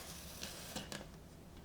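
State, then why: Seated. The plastic top cover of a spiral vegetable slicer is placed over the centered produce and turned on the slicer base until it locks. Two small ratchet-like clicks sound at 0.4 s and 0.9 s, and the top is locked in place.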